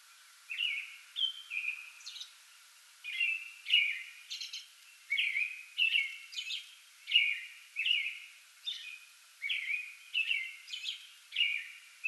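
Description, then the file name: American robin's caroling song, a continuous string of short whistled phrases and high squeaky notes. Pre-dawn song bout, recorded 8 May 2022. "2022-05-08 American Robin pre-dawn song bout"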